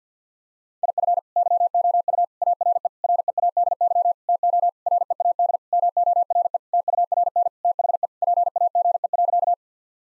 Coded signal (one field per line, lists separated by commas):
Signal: Morse code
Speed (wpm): 50 wpm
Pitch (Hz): 700 Hz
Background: none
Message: IF YOU ARE READY TO READ MORE TURN THE PAGE.